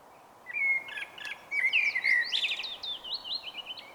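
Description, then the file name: Common blackbird delivering a flowing, whistled warble that breaks into sharp, high chattering notes, with constant low background noise throughout. "Turdus merula"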